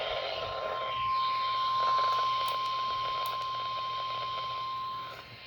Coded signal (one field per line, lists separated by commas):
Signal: Emergency Alert System (SAME) tones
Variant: 1050 Hz attention tone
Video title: Idk what to call this (eas alerts from june something 2025)